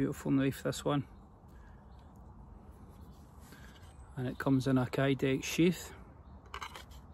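An Origin Knives XL Nameless fixed-blade knife is handled near its kydex (plastic) sheath while someone talks, with a few faint, sharp handling ticks around 6.5–6.8 seconds. The knife has not yet been pushed into the sheath, and nothing has seated or clicked yet.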